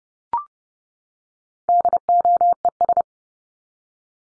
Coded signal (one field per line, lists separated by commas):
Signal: Morse code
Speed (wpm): 30 wpm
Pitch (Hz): 700 Hz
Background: none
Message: DOES